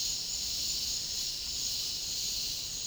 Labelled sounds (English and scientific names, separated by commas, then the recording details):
none
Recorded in dense forest near Puerto Asís, Putumayo, Colombia, on 19 February 2024 at 09:00
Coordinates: 0.485, -76.325
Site G6429